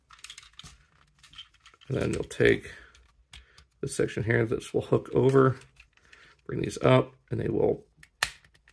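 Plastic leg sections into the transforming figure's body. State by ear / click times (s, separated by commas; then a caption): seated / 8.0 s, 8.2 s. During the transformation of a plastic action figure, someone talks while a section is hooked over and two plastic leg pieces are brought up into the figure's body. Faint handling ticks are heard, then two sharp snaps at 8.0 s and 8.2 s as the leg sections click into place.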